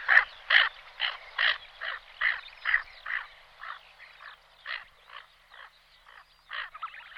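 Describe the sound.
Tufted duck giving harsh, rasping notes repeated about twice a second, steady at first, then becoming more irregular and slightly weaker.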